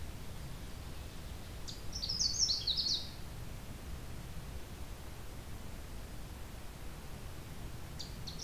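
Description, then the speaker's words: Canada warbler song: one rapid, jumbled burst of high chips and warbled notes, then quiet except a steady low background rumble and the faint start of another phrase at the end. On territory in late June, along a trail through a swamp with aspen, birch and cedars. "Since it is late June, I can guarantee this is on territory."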